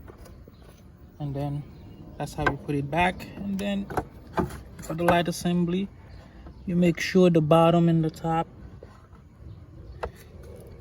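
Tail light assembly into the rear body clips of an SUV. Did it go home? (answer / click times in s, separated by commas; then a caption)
no / none. Someone talks while handling the plastic tail light assembly of a Ford Escape SUV, lining up its bottom and top with the rear body clips, with a few brief ticks around 4.4 s and 10.0 s. The clip ends before the assembly is pressed home, so nothing has seated or clicked yet.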